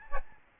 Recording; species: mosquito wingbeat signal from an infrared sensor; Aedes albopictus